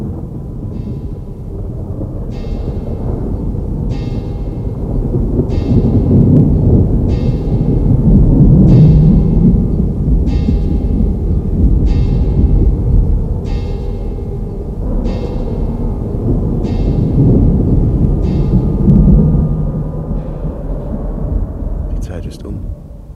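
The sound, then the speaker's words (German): An old church tower bell strikes about a dozen slow, evenly spaced strokes, each ringing out over a steady, heavy low rumble of stormy wind. “Da hob die alte Kirchturmglocke zum Schlagen an.”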